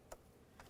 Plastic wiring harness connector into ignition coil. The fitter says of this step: plug in your electrical connector listen for a click